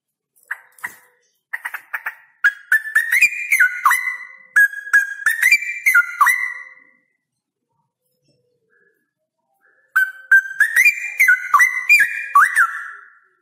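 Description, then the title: Straw-headed bulbul song: loud, rich whistled phrases with sliding, bubbling notes in dense bursts, then a pause of about three seconds before another burst. Male singing persistently with a loud voice and long rolling trills. "Cucak ROWO Jantan GACOR Suara Lantang ROoo EL Panjang"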